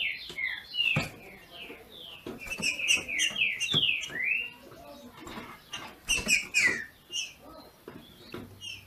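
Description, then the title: Green-winged saltator song: fast strings of slurred downward whistles, two dense phrases, accompanied by loud clicking sounds. Female singing in the male style to stimulate the male. "FÊ MEA DE TRINCA FERRO MACHEANDO PARA ESQUENTAR O MACHO"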